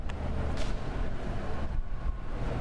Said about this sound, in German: Und da hinten kommt ein Bus. Das ist der gleiche Bus wie der, den ich vorhin um die Ecke biegen sehen habe. Da habe ich ihn aber nicht gehört. Aber dafür kann man ihn jetzt hören.